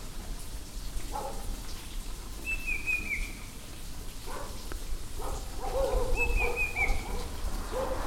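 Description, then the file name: Banded bay cuckoo giving two high, thin whistled phrases of slightly falling notes, with lower calls and a steady low rumble behind. "cuckoo-banded-bay Cacomantis-sonneratii"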